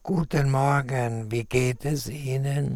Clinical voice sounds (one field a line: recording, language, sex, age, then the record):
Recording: spoken sentence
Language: German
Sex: male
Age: 70 to 79 years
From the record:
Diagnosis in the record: recurrent laryngeal nerve paralysis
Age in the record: 78 years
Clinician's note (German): Links, relativ gut kompensiert